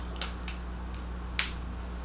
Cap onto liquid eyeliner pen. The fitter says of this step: So here's the Stila, and you typically when you snap it, you hear this.